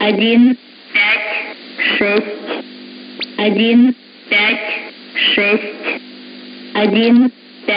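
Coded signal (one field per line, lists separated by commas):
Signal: numbers station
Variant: S06s, Russian female voice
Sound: a female voice reading short words, about eight, at even intervals over radio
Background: radio static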